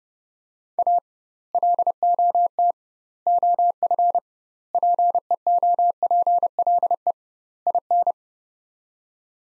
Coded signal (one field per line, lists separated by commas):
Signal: Morse code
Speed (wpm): 30 wpm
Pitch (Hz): 700 Hz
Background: none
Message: A LOT OF PEOPLE IN